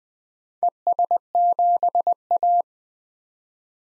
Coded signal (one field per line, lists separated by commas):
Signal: Morse code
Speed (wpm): 20 wpm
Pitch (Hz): 700 Hz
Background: none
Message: ES7A